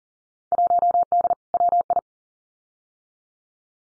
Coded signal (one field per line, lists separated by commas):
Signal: Morse code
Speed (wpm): 41 wpm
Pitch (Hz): 700 Hz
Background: none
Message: 1D WI